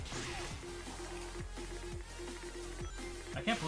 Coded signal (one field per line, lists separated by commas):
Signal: Morse code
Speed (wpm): 20 wpm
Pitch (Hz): 350 Hz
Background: speech, music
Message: STRUCK